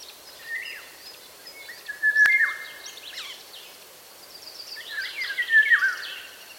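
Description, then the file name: Golden oriole giving rich fluted whistles in separate bursts, the last one longer and warbling, with a single sharp click. "Sommargylling"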